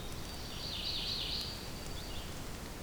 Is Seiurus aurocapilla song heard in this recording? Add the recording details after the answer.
no. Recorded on 2 June 2016 at 08:32. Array SBT-3-7